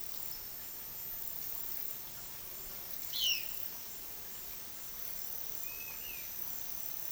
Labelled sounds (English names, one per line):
Violaceous Jay
Yellow-crowned Tyrannulet